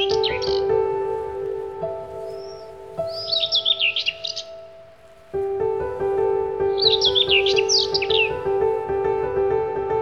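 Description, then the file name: Bird song: high, rapid warbling twitters in three bursts, set against continuous low humming tones that shift in pitch. "Bird Song Group - Chirping"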